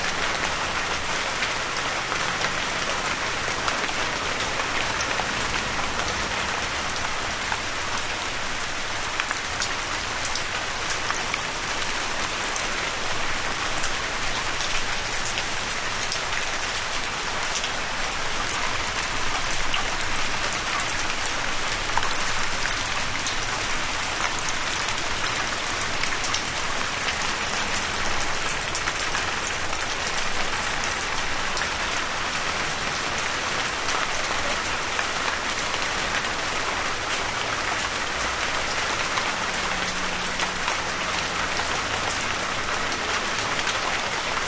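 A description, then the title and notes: Raindrops fall on leaves in a dense, steady patter that holds an even level for the whole stretch. The hiss is bright, with countless fine taps blending together, while a faint low hum drifts underneath now and then. Raindrops falling on leaves. This episode features only natural sounds with no dialogue or voice.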